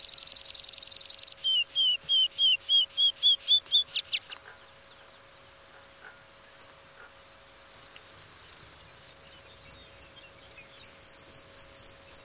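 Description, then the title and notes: Meadow Pipit song: a quick burst of sharp high notes and lower twitters, a pause with faint chips, then thin piping notes resuming. "Viikon luontoääni: Niittykirvinen. Risto Salovaara"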